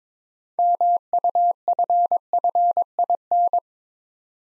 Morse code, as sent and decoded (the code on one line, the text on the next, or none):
-- ..- ..-. ..-. .. -.
MUFFIN